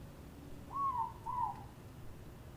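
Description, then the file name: Morepork call: two hooting notes, the first slightly falling, the second dipping lower, given once over a low steady background hum. Recorded in Auckland, New Zealand. "Morepork Ruru Owl Auckland New Zealand"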